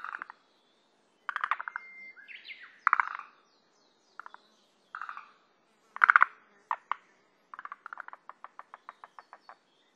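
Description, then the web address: Forest green tree frog giving irregular rattling, pulsed croaks, with a brief sliding tone near the start and a closing run of evenly spaced clicks. On Sado; date code 100618. "koe moriaogaeru 100618 sado"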